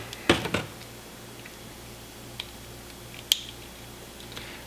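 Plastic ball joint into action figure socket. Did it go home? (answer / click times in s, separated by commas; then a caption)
yes / 3.3 s. A plastic ball joint on an action figure is worked back into its socket. A few light handling clicks and taps lead up to one sharp, bright click at 3.3 seconds as the repaired joint seats, and the joint is much better. No one talks in the clip.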